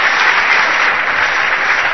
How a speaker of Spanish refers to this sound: Démosle un aplauso, hermano. Fuerte este aplauso.